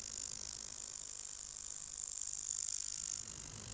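Insect giving a high, hissing buzz made of rapid pulses, swelling in loudness through the middle and fading toward the end.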